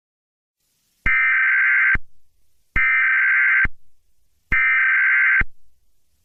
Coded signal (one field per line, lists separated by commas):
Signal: Emergency Alert System (SAME) tones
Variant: header bursts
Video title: Marvel's the Avengers Eas Scenario Analog Horror